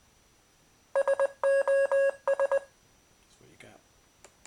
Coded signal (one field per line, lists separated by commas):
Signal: Morse code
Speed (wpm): 20 wpm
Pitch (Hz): 550 Hz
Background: speech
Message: SOS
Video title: Morse Code Translator